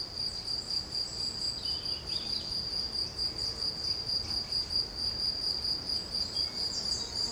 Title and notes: Chemin de Saint-Bernard, Bellegarde-Sainte-Marie, Toulouse, Haute-Garonne, Occitanie, France métropolitaine, 31530, France. cricket , birdsong , shooting range